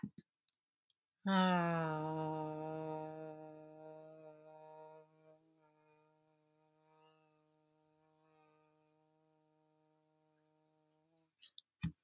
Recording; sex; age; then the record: vowel held as long as possible; female; 30 to 39 years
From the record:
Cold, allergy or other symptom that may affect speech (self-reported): no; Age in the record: 36 years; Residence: North Carolina, United States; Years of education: 16